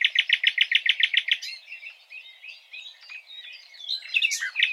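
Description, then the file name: Common nightingale song opening with a rapid run of repeated ringing notes, followed by softer varied chirps and a louder burst at the end. "Luscinia megarhynchos"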